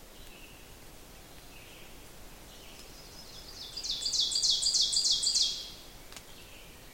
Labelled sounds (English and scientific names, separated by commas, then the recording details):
Ovenbird (Seiurus aurocapilla) song
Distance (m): 25 m
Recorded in boreal forest in Alberta, Canada, on 6 June 2016 at 06:26
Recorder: SongMeter 3, array SBT-3-51
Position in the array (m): 223 m, 9 m
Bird 27